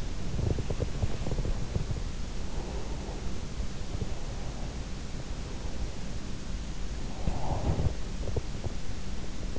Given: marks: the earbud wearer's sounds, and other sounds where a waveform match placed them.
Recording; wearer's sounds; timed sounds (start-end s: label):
sounds in sleep by an in-ear microphone; teeth grinding, breath
0.00-2.17 s: teeth grinding
2.57-4.57 s: breath
6.34-9.31 s: breath